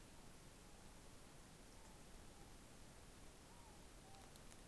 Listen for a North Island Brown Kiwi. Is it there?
no